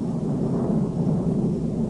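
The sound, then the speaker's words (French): A steady, low rumbling drone holds for the whole stretch at an even loudness, like a propeller plane passing overhead. No voices are heard over it. “Oh, voilà un avion.”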